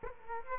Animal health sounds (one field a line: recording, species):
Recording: mosquito wingbeat signal from an infrared sensor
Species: Aedes aegypti